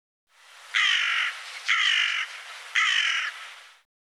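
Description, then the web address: Bird giving three harsh, raspy caws, each about half a second long, spaced roughly a second apart. "cianscape birddata Deverinetal 2025 File cleaned normalized Bird"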